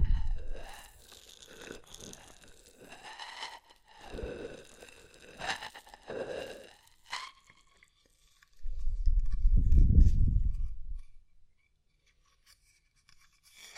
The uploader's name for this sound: Oil, Foam and Tingly Ear Massage